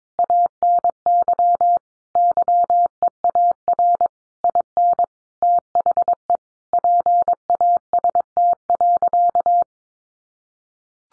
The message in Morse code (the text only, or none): ANY YEAR IN THE PAST.